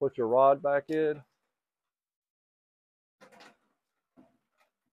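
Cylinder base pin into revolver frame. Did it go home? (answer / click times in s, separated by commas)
no / none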